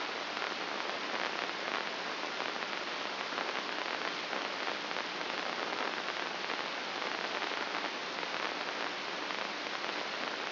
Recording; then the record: brain microelectrode recording played as sound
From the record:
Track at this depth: outside the subthalamic nucleus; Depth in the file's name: 7.228 mm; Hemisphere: left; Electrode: 2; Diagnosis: Parkinson's disease